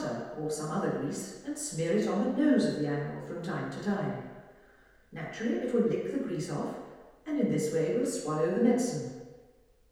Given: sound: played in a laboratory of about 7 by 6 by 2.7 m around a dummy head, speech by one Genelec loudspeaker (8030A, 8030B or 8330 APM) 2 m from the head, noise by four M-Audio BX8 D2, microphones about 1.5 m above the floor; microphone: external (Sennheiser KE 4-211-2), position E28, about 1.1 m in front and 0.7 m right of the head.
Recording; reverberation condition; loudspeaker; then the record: female speech in English; high; 90 degrees to the left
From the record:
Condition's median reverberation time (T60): about 1300 ms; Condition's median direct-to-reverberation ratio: about -4.0 dB